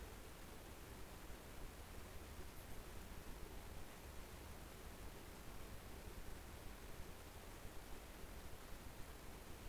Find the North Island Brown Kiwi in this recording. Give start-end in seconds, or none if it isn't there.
none